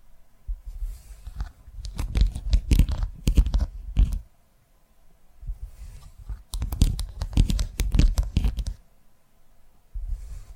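ASMR tapping in two dense bursts, roughly from one to four seconds and again from six and a half to nine, made of quick crisp taps with a low thump under each. Short quiet gaps separate them, with a softer rustle near the end.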